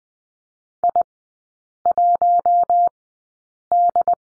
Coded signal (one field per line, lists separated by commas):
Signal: Morse code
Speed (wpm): 20 wpm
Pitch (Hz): 700 Hz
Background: none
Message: I1D